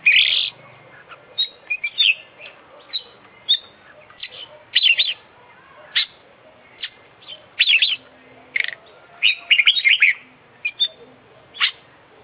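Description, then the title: Oriental magpie-robin singing a rapid, varied run of whistles, chips and chattering bursts, nearly continuous with brief gaps throughout. Competition bird described as an international champion, singing a full, complete set of fill-in phrases (isian). "KICAU KACER JUARA INTERNASIONAL FULL ISIAN KOMPLIT DURASI PANJANG"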